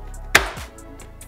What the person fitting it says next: Eingerastet sind wir.